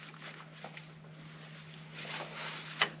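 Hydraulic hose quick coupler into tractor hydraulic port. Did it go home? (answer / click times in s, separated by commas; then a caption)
no / none. A hydraulic hose quick coupler is being handled into a tractor's hydraulic port, reconnecting it after the backhoe has been removed. A steady low hum runs throughout, with brief sharp sounds near 0.8 s and a louder one near 2.8 s. The coupler has not seated or clicked in yet.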